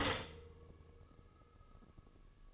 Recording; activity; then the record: daily activity, microphone in the room; stop toaster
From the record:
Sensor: 4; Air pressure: 1008.0 hPa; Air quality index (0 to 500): 105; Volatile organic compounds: 1 ppm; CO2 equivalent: 778 ppm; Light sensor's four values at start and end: 9/19/8/8 and 9/19/8/8